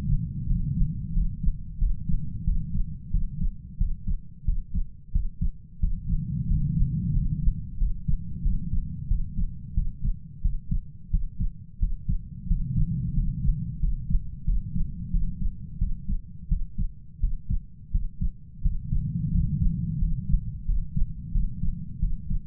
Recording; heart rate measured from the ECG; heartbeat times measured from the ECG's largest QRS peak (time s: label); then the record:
heart sounds by stethoscope; 89 bpm
0.46 s: heartbeat
1.13 s: heartbeat
1.78 s: heartbeat
2.44 s: heartbeat
3.11 s: heartbeat
3.78 s: heartbeat
4.45 s: heartbeat
5.12 s: heartbeat
5.79 s: heartbeat
6.47 s: heartbeat
7.13 s: heartbeat
7.78 s: heartbeat
8.42 s: heartbeat
9.08 s: heartbeat
9.74 s: heartbeat
10.41 s: heartbeat
11.10 s: heartbeat
11.79 s: heartbeat
12.47 s: heartbeat
13.14 s: heartbeat
13.80 s: heartbeat
14.45 s: heartbeat
15.11 s: heartbeat
15.78 s: heartbeat
16.48 s: heartbeat
17.20 s: heartbeat
17.91 s: heartbeat
18.61 s: heartbeat
19.31 s: heartbeat
19.98 s: heartbeat
20.65 s: heartbeat
21.32 s: heartbeat
21.99 s: heartbeat
From the record:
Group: healthy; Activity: rest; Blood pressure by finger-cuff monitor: 111/74 mmHg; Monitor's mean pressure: 87 mmHg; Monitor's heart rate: 89 bpm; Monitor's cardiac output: 7.3 L/min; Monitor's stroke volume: 83 mL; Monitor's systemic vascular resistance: 860 dyn s/cm5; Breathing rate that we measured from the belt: 10 breaths a minute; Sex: male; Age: 33 years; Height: 179 cm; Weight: 80.4 kg